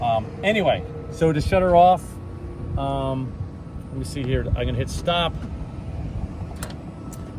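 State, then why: Released. Someone talks while stopping a charging session on a Cybertruck, with a CCS adapter and charging connector plugged into the truck's charge port. At 6.6 s the charge port lock releases the connector with a single short click, and the latch is unlocked.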